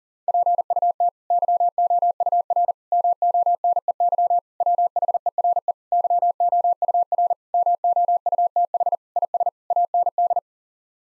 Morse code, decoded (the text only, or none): PUT YOUR MONEY WHERE YOUR MOUTH IS AND